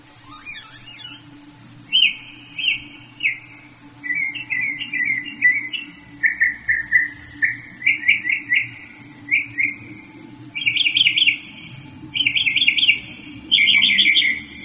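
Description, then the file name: Northern mockingbird song: varied phrases of chirps and whistles, each repeated two to four times before switching, with a steady low hum underneath. "kicauan burung northern mockingbird. omkicau"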